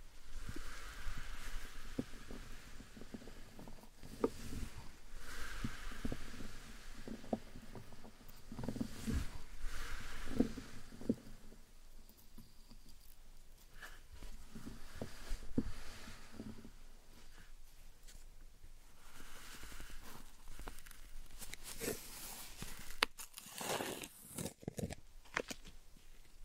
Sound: Satisfying Slime Sand Triggers